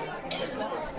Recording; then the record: coughing mixed with background sound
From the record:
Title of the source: Female coughing - Sound effects